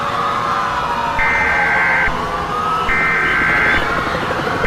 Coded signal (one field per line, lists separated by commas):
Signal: Emergency Alert System (SAME) tones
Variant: header bursts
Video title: EAS Scenario - Jurassic World: Reclamation